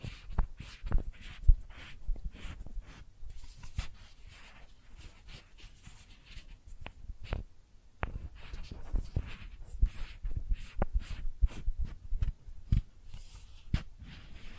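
Makeup tapping and scratching sounds: sharp, irregular taps land several times a second, mixed with soft scratchy rustles between them. The activity is fairly dense throughout, with a brief quieter stretch around six to eight seconds before the tapping picks up again.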